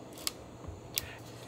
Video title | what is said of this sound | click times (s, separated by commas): Canon EOS Rebel 2000 (300, Kiss 3) Video 2: Battery, Lenses, Film, Mode Dial, Functions, and Flash | lens will drop into place nicely and then we turn it until it clicks | 0.3 s, 1.0 s